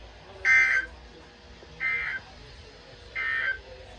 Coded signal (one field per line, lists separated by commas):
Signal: Emergency Alert System (SAME) tones